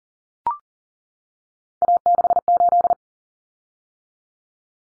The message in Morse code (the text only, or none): A68